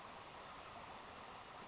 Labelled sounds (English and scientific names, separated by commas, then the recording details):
Western Flycatcher (Empidonax difficilis)
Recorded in Sonoma County, California